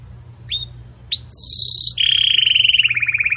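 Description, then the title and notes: Belgian canary song: two short whistled chips, then a long rolling buzzy trill that drops slightly in pitch toward the end. Belgian canary 'campainha' (bell) song, used as a tutor song for young birds in breeding. "Canto Do Canário Belga Campainha Para Encarte De Filhotes. CANARIO"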